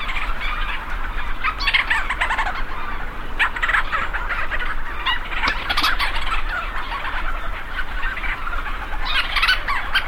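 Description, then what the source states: Leach's storm petrels calling in a dense chorus, many overlapping calls at once, continuous throughout with no pauses. Thousands of Leach's storm petrels circling overhead at night at a seabird colony, swooping and calling into the dark; recorded by Lang Elliott for his CD Petrel Night.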